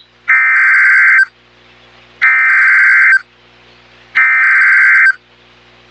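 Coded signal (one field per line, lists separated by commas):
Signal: Emergency Alert System (SAME) tones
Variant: header bursts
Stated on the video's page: Flash flood warning received from a station in Nashville, Tennessee.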